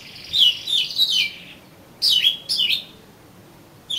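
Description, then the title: Oriental magpie-robin giving rich, warbling whistled phrases, one long slurred phrase then two shorter ones after a pause. "Kacer Kacer"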